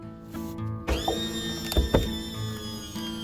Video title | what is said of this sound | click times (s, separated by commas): RV SnapPads - 👍The Easiest Install for the Best RV Upgrade👍 - Bigfoot Leveling Jacks - RV Upgrades | see where we are it snapped right in | 1.7 s, 1.9 s